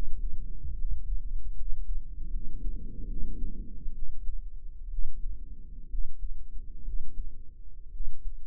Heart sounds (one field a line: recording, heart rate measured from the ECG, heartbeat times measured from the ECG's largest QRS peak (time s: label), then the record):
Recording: heart sounds by microphone in the right ear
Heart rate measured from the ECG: 67 bpm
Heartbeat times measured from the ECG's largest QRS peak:
0.73 s: heartbeat
1.53 s: heartbeat
2.29 s: heartbeat
3.06 s: heartbeat
3.92 s: heartbeat
4.88 s: heartbeat
5.87 s: heartbeat
6.82 s: heartbeat
7.90 s: heartbeat
From the record:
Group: healthy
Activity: rest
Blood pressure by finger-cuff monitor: 143/88 mmHg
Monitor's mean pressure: 105 mmHg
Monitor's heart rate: 65 bpm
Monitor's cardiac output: 7.1 L/min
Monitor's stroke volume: 104 mL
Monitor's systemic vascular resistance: 1090 dyn s/cm5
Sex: male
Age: 23 years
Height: 178 cm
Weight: 96.6 kg